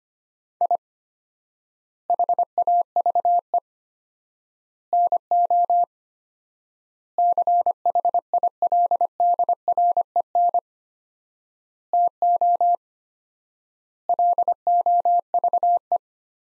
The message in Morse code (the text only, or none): I HAVE NO CHILDREN TO LOVE